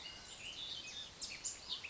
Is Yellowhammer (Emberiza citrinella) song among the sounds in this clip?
no